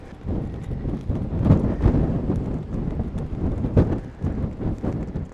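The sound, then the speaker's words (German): A fabric hood flaps and buffets in gusty wind at the top of a climb while someone films, a steady low rumbling roar broken by irregular sharp flutters and thumps, with no voices. “dafür flattert die Kapuze im Wind und macht ohne Ende Störgeräusche.”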